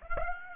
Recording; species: mosquito wingbeat signal from an infrared sensor; Aedes aegypti